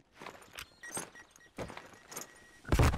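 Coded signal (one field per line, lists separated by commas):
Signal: none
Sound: game's bomb timer beeps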